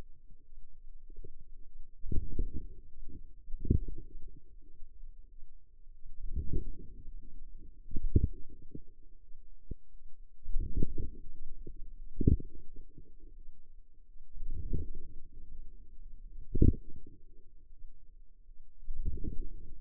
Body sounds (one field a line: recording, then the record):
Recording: forearm muscle sounds (acoustic myography)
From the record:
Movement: outward rotation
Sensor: system 2, bracelet of six BSWA MPA416 microphones around the upper forearm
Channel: 1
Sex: female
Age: 23 years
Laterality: right